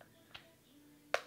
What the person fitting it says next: and it just snaps into place.